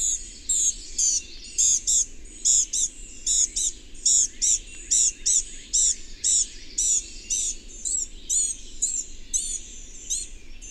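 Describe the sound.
Bird song: quick series of piercing, high chirps, sometimes doubled, pouring out steadily for ten seconds above a low hiss.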